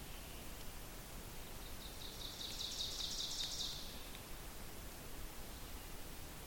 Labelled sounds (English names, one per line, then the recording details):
Ovenbird song
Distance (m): 75 m
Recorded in boreal forest in Alberta, Canada, on 2 June 2016 at 08:52
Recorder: SongMeter 3, array SBT-3-7
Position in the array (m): 213 m, 34 m
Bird 6